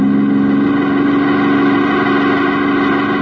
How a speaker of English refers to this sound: I yanked the wheel hard and the car missed the truck by inches.